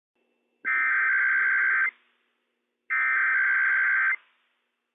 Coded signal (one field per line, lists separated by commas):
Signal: Emergency Alert System (SAME) tones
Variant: header bursts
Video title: IPAWS Required Weekly Test - WWF56 - EAS #94 - 11:00 AM PDT 5/10/21